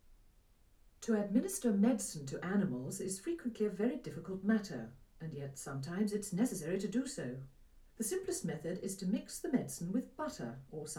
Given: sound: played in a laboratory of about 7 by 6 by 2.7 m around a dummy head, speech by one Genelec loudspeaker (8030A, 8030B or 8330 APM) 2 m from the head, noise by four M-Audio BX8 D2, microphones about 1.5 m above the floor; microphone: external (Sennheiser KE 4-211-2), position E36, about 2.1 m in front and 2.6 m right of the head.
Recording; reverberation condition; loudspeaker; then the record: female speech in English; low; 90 degrees to the left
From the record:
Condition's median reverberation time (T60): about 310 ms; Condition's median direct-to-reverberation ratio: about 3.5 dB